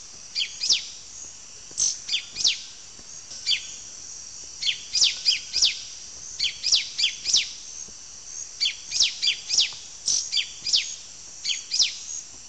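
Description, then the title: Yellow-green grosbeak song of sharp, high, downslurred chirps delivered in quick bursts of several notes, over a steady high insect-like hum. Subspecies Caryothraustes canadensis canadensis. "LuckyPassaro Completos2Sama. Yellow-green Grosbeak (Caryothraustes canadensis canadensis)"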